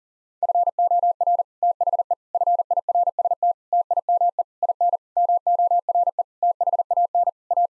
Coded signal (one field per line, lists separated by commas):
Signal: Morse code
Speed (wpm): 40 wpm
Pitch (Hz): 700 Hz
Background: none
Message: FOR THE FIRST TIME IN MORE THAN A